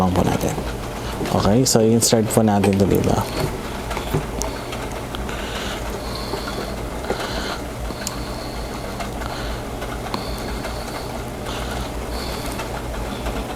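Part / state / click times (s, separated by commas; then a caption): network cable end into modular plastic connector (crimped) / not seated / none. Wires of a network cable are inserted into a modular plastic connector to be crimped, while someone talks at the start. Short, sharp plastic clicks and taps are heard over a steady background hum, but nothing has seated or clicked into place yet.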